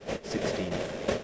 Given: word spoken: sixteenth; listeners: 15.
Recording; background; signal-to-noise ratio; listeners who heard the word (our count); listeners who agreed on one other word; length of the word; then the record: one English word in noise, from a listening test; noise modulated by three-talker babble; -5.1 dB; 0 of 15; 15 of 15; 0.84 s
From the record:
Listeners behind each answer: 15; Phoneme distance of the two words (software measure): 17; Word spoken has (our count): 2 syllables, 8 phonemes, stress on syllable 1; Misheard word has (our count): 2 syllables, 7 phonemes, stress on syllable 1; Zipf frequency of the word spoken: 2.21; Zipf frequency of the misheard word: 3.04